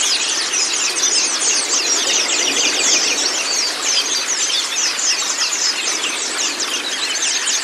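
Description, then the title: White-eye song of quick, high, scratchy chirps packed closely, forming a dense continuous twitter throughout. Training recording (masteran) of white-eye (pleci kacamata si putih) song, meant to get a silent (bisu) pleci singing constantly (gacor). "mster Mnuk. Terapi Pleci Bisu Menjadi Gacor Abis. Masteran Pleci Kacamata Si Putih"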